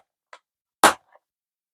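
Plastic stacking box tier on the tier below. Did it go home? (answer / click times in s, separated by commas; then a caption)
released / 0.8 s. The sides of a plastic stackable jewelry storage container are peeled apart so one tier comes off the tier below it. A faint tick at 0.3 s comes before a loud, sharp plastic snap at 0.8 s as the catch lets go, followed by a soft tick near 1.2 s. The tier is released and can be lifted off.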